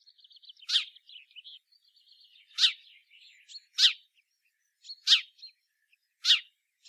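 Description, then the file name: House sparrow calls: five strong, piercing chirps spaced one to two seconds apart, with faint, scattered twitters in between. "Passer domesticus"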